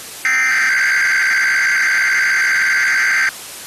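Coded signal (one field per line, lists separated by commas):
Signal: Emergency Alert System (SAME) tones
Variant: header bursts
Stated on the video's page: EAS test.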